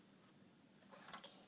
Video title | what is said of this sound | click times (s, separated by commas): My 4-year-old can load this | right till it snaps right now you pull a little plastic out right oh | 1.1 s